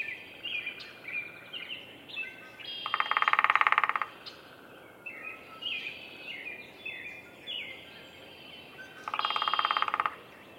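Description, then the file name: Downy woodpecker drumming in two quick steady rolls several seconds apart, among frequent high chirps and twitters of other birds. Drumming, recorded at Roberts Bird Sanctuary, Minnesota. "Picoides pubescens drumming Roberts Bird Sanctuary, Minnesota"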